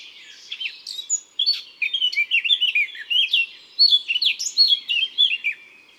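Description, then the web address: Eurasian blackcap song: a rich, fast warble of varied whistled and scratchy notes, in dense phrases of rising and falling twists lasting most of the six seconds. March recording from an album of birdsong through the four seasons. "Mars La Fauvette a tete noire. les-4-saisons-des-chants-doiseaux"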